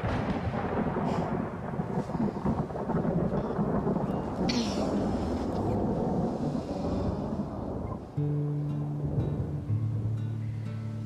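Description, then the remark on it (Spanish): Heavy rain pours in a dense, steady hiss while deep thunder rumbles underneath for about eight seconds, then the downpour gives way to low, sustained humming tones. “Terminamos de tocar, afuera llovía muchísimo.”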